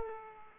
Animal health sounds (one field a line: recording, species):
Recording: mosquito wingbeat signal from an infrared sensor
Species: Culex pipiens